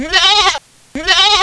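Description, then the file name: Sheep bleating, two nasal, wavering bleats of about half a second each, separated by a brief silence. "pecora"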